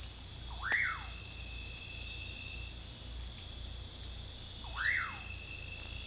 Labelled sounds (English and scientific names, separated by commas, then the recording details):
Common Pauraque (Nyctidromus albicollis)
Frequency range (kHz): Common Pauraque (Nyctidromus albicollis) 0.4-2.7 kHz
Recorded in secondary vegetation near Puerto Asís, Putumayo, Colombia, on 16 December 2024 at 23:30
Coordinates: 0.499, -76.323
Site G010